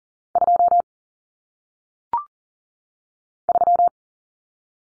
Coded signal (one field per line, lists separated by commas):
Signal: Morse code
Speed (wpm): 40 wpm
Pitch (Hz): 700 Hz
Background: none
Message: 2 3